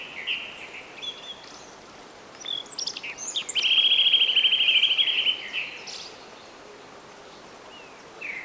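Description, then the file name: Eurasian nuthatch giving one rapid, even trill of about two seconds at a steady high pitch, with faint chirps before and after. "Sitta europaea"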